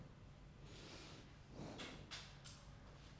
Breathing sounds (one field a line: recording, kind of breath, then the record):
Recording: one breath in and out by a microphone near the nose and mouth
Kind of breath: normal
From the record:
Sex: male